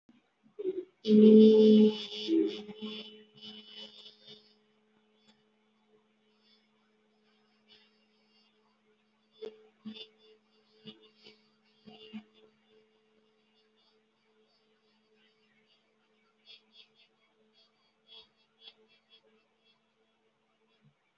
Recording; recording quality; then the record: sustained vowel as in beet; moderate, slight background noise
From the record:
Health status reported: healthy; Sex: female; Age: 23 years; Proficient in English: yes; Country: India